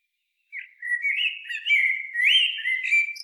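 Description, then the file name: Eurasian blackbird song: a long, continuous run of mellow whistled warbling with varied pitch and a few higher squeaks. "Turdus merula"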